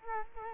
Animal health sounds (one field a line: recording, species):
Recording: mosquito wingbeat signal from an infrared sensor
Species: Culex quinquefasciatus